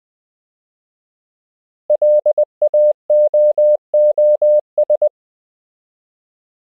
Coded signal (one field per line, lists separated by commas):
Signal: Morse code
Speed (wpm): 20 wpm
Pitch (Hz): 600 Hz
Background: none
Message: LAOOS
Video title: Morse Code — Koch Method Lesson 12 (KMRSUAPTLOWI.)